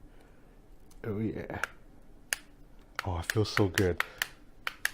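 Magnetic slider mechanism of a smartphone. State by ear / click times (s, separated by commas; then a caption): seated / 4.7 s, 4.9 s. Someone talks while sliding the magnetic slider body of a Xiaomi Mi Mix 3 smartphone open or closed, with several sharp clicks along the way. The slider snaps into its end position by magnet with sharp clicks at 4.7 s and 4.9 s, and it is seated.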